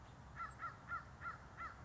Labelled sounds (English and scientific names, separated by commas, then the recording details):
American Crow (Corvus brachyrhynchos)
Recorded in Sonoma County, California